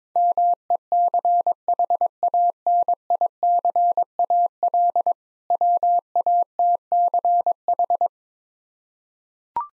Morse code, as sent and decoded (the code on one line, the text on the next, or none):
-- . -.-. .... .- -. .. -.-. .- .-.. / .-- .- - -.-. ....
MECHANICAL WATCH